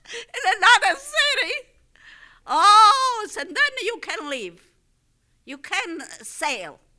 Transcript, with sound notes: in another city." ( she laughs ) "Oh, so then you can't leave. You can't sail.